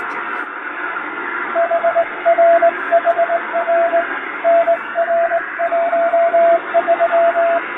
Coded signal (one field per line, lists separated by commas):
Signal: Morse code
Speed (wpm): 21 wpm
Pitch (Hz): 680 Hz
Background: radio noise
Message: HRHR NR13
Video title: モールス符号を利用した短波通信を再現！ラジオで聴こえたモールス無線電報！気持ち良い音色です。ノイズとフェージングを加えています。アマチュア無線の受信練習にどうぞ morse code practice